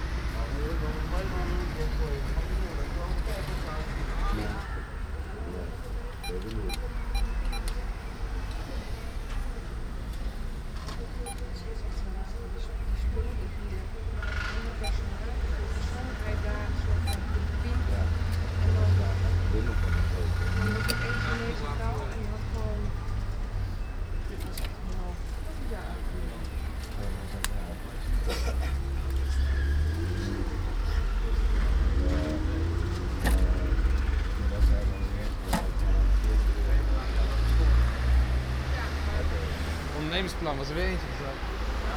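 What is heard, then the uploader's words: A walk through a busy city square, with a steady low rumble of traffic and passing vehicles throughout. Voices chatter, and scattered clicks, clatters and short tones break through, with a brief ringing tone around the middle. A walk through the city - part 3 The Hague. Recordings made with a Zoom H2 with extra SP-TFB-2 binaural microphones during the Queensnight ('Koninginnenach') in The Hague. Cafe's at de Grote markt.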